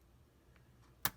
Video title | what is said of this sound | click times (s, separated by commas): How to Upgrade/Replace SSD on MacBook Pro Retina 2015 | and they'll lift that up until you hear a click | 1.1 s